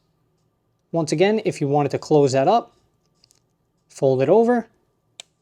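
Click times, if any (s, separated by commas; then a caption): 5.2 s. Someone talks while folding the half-link extension of the metal bracelet clasp on a Rolex GMT Master II 126711CHNR "Root-beer" back over onto itself, with a few faint ticks around 3.2–3.4 s. After a pause, the extension is pressed down and a single sharp click at 5.2 s marks it clipping shut, seated.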